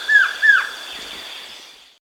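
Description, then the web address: Masked trogon: two short, clear whistled notes that slide slightly downward, over a steady high background hum. Andes, South America. "Natures Songs S America Andean Birds. Masked Trogon (Trogon Personatus)"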